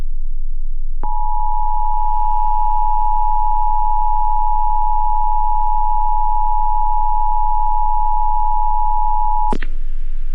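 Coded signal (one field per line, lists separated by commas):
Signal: Emergency Alert System (SAME) tones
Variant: 853 and 960 Hz attention tone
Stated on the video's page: National Periodic Test issued by a Primary Entry Point, received on KDKA AM, WOVK FM, WRQY FM and Comcast cable.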